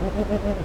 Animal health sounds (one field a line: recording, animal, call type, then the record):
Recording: contact call of a hoofed animal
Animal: goat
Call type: low-frequency (closed-mouth) or high-frequency (open-mouth) call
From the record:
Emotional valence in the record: negative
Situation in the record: short social isolation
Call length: 0.64 s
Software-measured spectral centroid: 1400 Hz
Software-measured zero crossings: 840 a second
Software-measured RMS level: -24 dBFS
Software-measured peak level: -11 dBFS